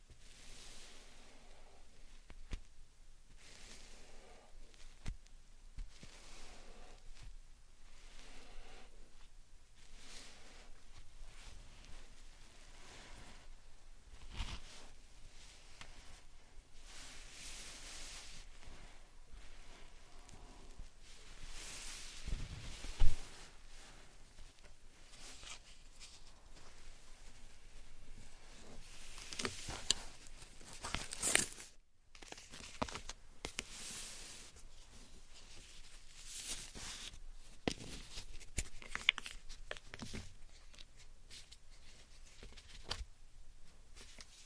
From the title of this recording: Satisfying Slime Sand Triggers